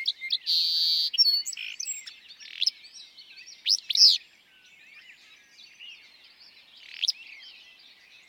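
Willow flycatcher song, brief sharp burry phrases among a chorus of other birds, with a steady buzzy trill near the start.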